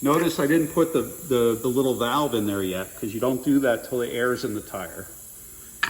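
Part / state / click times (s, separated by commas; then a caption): air chuck onto tire valve stem / seated / 5.8 s. Someone talks over a tire changer while the inflation chuck is clipped onto the wheel's valve stem, which has no valve core fitted yet because the core doesn't go in until the air is in the tire. At 5.8 s a short, sharp click is heard as the air chuck seats onto the valve stem.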